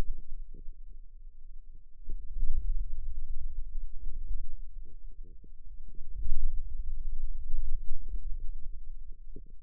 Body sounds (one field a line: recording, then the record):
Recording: forearm muscle sounds (acoustic myography)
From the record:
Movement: hand closing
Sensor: system 2, bracelet of six BSWA MPA416 microphones around the upper forearm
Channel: 1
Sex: female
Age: 21 years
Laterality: right